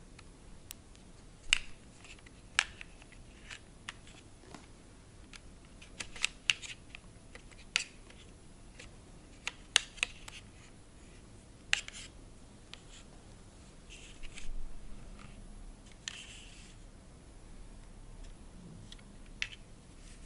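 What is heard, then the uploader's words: Light tapping and small lid clicks sound sharp and bright, coming irregularly every second or so. Around fifteen seconds a brief scraping rub joins in, and a faint low hum sits underneath throughout. ASMR Triggers to Sleep 99,9% Tapping, Lid Sounds etc.(No Talking).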